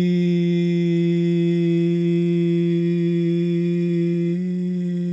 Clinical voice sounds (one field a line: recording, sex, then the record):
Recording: sustained vowel /i/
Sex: male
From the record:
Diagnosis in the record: Parkinson's disease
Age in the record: 71 years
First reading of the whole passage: 62 s, 8.3 characters per second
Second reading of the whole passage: 53 s, 9.9 characters per second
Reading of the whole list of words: 66 s, 4.2 characters per second